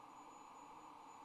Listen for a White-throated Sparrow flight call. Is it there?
no